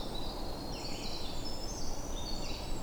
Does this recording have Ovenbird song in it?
no